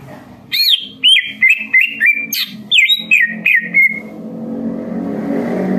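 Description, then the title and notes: Greater green leafbird singing a quick burst of bright whistled notes, ending in a fading slur as background noise swells. Training recording for teaching other birds (masteran and pancingan) of a bird singing in full, energetic song (gacor). "Masteran & Pancingan Cucak Ijo Gacor. Burung Cucak Ijo"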